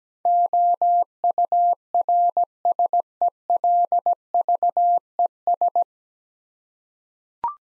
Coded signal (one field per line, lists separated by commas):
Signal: Morse code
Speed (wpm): 17 wpm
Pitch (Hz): 700 Hz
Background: none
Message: OURSELVES